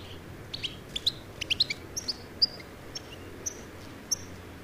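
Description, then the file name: European goldfinch calls, scattered high chirps and short metallic tweets at irregular intervals, with a steady low background hum. "Carduelis carduelis"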